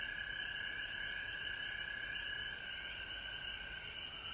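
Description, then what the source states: Frogs calling in a loud chorus, a strong steady lower tone under fast, overlapping pulsed trills, easing slightly in volume toward the end. Frogs recorded at home in Georgia on March 19, 2020.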